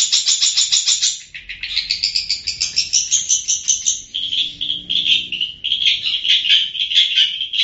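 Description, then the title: Long-tailed shrike song: a fast buzzy rattling trill, then a long rising and falling scratchy warble and a run of quick, slightly harsh chattering notes. "cendet"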